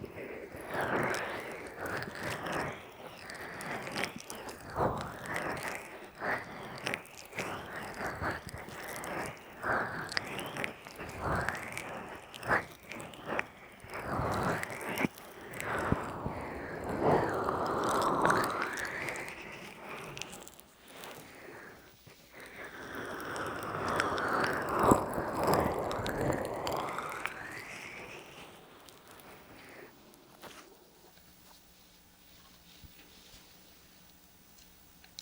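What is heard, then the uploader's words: Wet rubbing and squelching at the ear, like oil or lotion being worked in with the hands, with sticky crackles and rapid dense strokes. Two longer swelling smears peak around 17 and 25 seconds, then the sound drops to a quiet low hum near the end. ASMR Relaxing Ear Massage NO TALKING (Oil, Lotion & Peeling pack).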